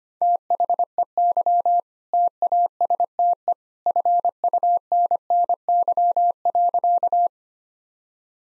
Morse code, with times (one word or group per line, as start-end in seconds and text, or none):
0.2-1.8 THEY
2.1-3.5 TASTE
3.9-7.3 FUNNY.